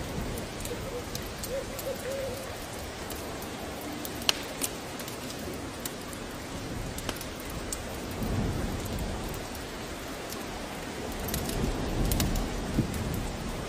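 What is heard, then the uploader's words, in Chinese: Rain and a fire burning, heard as a steady, dense hiss with a low rumble underneath that swells a little around 8 and 12 seconds. Sharp crackles and pops break through now and then, clearest near 4, 7 and 12 seconds. 雨天烤火声丨白噪音。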